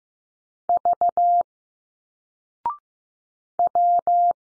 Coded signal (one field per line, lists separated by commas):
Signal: Morse code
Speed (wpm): 15 wpm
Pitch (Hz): 700 Hz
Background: none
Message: V W